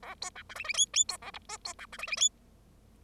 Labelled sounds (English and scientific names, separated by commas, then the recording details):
Bengalese Finch (Lonchura striata domestica) song
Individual Bird0